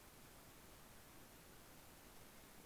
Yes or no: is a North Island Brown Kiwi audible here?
no